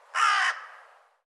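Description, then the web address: Bird giving one hoarse, grating caw of roughly a third of a second, abrupt at the start and trailing off softly. "cianscape birddata Deverinetal 2025"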